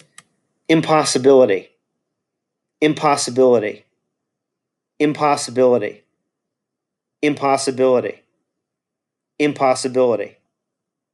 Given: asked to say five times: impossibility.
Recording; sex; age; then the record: repeated word; male; 40 to 49 years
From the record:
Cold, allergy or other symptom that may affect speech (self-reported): no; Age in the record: 42 years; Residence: Pennsylvania, United States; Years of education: 22